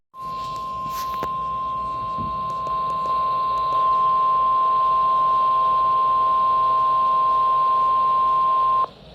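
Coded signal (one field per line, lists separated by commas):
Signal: Emergency Alert System (SAME) tones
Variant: 1050 Hz attention tone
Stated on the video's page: Severe weather and flood alerts received on NOAA Weather Radio station WXM56.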